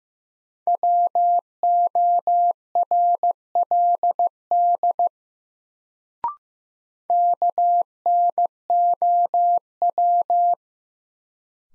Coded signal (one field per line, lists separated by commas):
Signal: Morse code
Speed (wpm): 15 wpm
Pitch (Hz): 700 Hz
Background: none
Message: WORLD KNOW